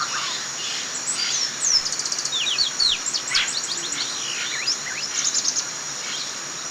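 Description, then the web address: Shiny cowbird song: a fast jumble of high, liquid whistled sweeps and rapid trills, with a steady high hiss throughout. Recorded in the eastern lowlands of South America. "S America Eastern Lowlands Molothrus bonariensis, song"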